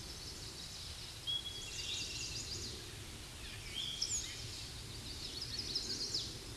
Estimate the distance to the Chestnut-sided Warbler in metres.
about 65 m